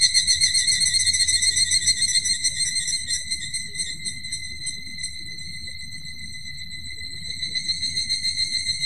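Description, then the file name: Evening cicada call: loud, quick pulsing ringing chirps that slowly fade into a steadier tone, then pulse louder again near the end. "higurashi"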